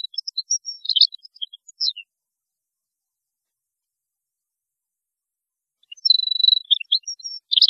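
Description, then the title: European goldfinch song: a tinkling twittered phrase, a long pause, then a liquid twittering run with a short buzzy note. "Chant Chardonneret"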